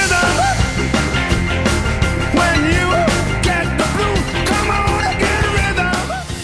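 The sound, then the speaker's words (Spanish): A loud rock and roll record plays, a singer yelling and wailing in high, raw bursts over a driving band with steady beat and pounding rhythm throughout. “Fue el grito ese que... Ese grito fue la chispa, fue la gota que colmó el vaso y que hizo estallar ese fenómeno rock and roll.”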